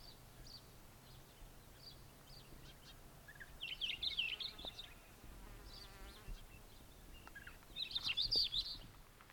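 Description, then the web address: Hume's wheatear giving two short bursts of scratchy, high warbled notes about four seconds apart, over a faint steady background hiss. "Hume's wheatear. صدای-پرنده-چکچک-شکم-سفید"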